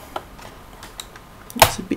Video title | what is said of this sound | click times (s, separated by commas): Toshiba Satellite P500 Partial Teardown | tricky there we are pops up and then you can just slide it out to | 1.6 s